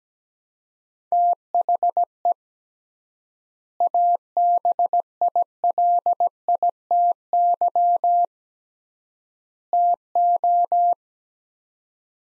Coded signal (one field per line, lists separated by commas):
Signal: Morse code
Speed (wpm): 17 wpm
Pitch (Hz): 700 Hz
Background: none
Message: THE ABILITY TO